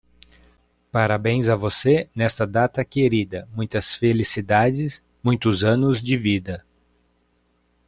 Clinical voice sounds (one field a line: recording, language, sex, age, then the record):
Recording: short text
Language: Brazilian Portuguese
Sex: male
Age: 30 to 39 years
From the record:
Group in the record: control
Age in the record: 39 years